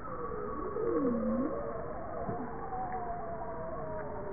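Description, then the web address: Bowhead whale call: a single low, U-shaped moan that falls and then climbs back up, with thin sustained tones and steady hiss underneath. "JASA 2013 Blue Bowhead Fin Humpback Southern Right Whale"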